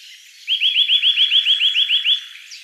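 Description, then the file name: Eurasian nuthatch: a fast, even series of about a dozen bright whistled notes, lasting under two seconds, after a brief quiet start. "Sitta europaea"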